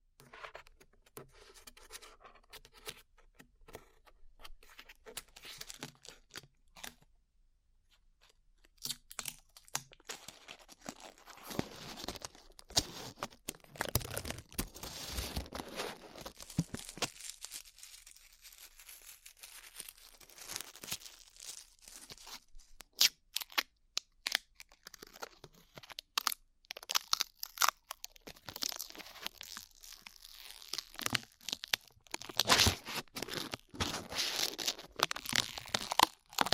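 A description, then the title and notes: Glue being peeled off skin, heard as a dense run of sticky crackles, tearing and crinkling pops. The sound is sparse and quiet for the first eight seconds, then grows busier and louder, with sharp bright snaps clustering more tightly toward the end. ASMR Peeling Glue Off Your Ears (No Talking).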